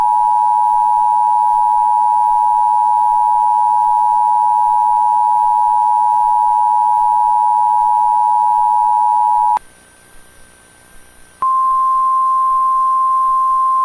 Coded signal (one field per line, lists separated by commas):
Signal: Emergency Alert System (SAME) tones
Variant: 853 and 960 Hz attention tone